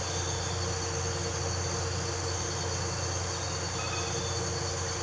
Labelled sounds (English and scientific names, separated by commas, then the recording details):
none
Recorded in pastures near Puerto Asís, Putumayo, Colombia, on 13 March 2025 at 01:30
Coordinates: 0.466, -76.322
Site CSA-02